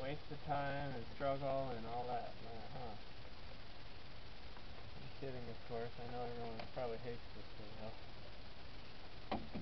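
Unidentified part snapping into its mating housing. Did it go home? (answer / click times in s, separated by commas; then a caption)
yes / 9.3 s. An unidentified part is pushed into its mating housing after a long struggle while someone talks. It suddenly snaps into place with a single sharp click at 9.3 s, and the part is seated.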